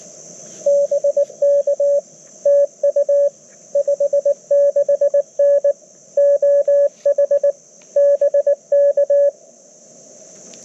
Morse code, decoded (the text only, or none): BK TU 56N OH BK